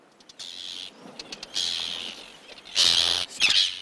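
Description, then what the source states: Arctic tern giving harsh, grating screeches in four short bursts, with faint clicks between them. Adults dive-bomb and peck intruders to protect their young, making clicking, clattering sounds then a screech; Inner Farne, Farne Islands, North Sea off Northumberland, in summer.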